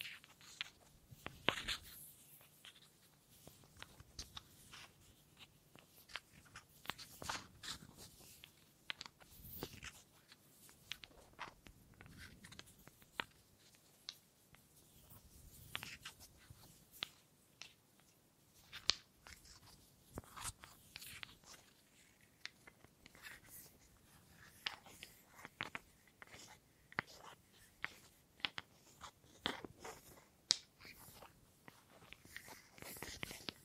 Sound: Wood Triggers